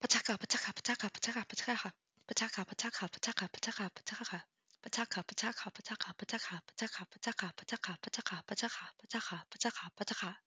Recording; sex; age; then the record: repeated syllables /pa ta ka/; female; 20 to 29 years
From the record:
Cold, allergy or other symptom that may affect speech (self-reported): no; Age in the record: 27 years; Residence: United States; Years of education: 18